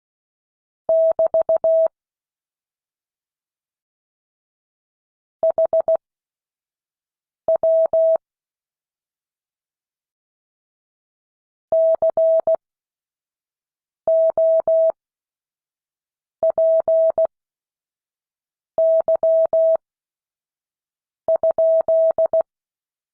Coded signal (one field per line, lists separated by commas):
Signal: Morse code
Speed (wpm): 16 wpm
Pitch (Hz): 650 Hz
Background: none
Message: <BT> HW COPY?